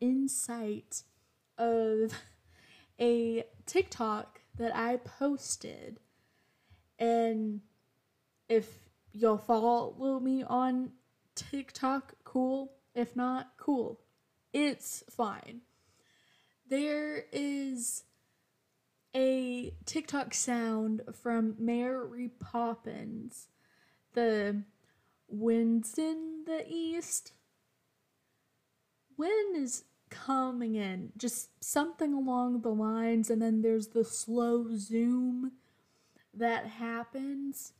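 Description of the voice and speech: An adult woman who stutters speaks casually from a dining room table, with stretched initial vowels, held sounds at the start of words and frequent silent gaps breaking up phrases, as in "There... is... a." These prolongations and blocks fit stuttering, on a background of otherwise clear, steady voicing.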